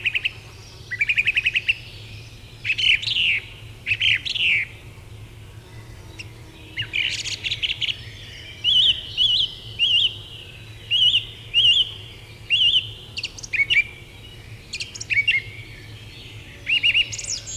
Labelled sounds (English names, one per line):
Song Thrush song